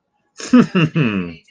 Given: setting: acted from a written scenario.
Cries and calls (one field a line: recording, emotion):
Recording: vocal sound without words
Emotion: amusement